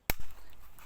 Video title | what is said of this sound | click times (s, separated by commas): CHICKENS and rat control.... poison, trapping,and Shooting options. | and click in place | 0.1 s